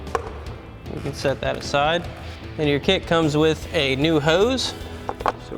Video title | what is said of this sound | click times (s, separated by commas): 2019-2025 5.3L Silverado 1500 Corsa Performance Closed Box Cold Air Intake Review & Install | that gray tab. Pop this out. | 0.2 s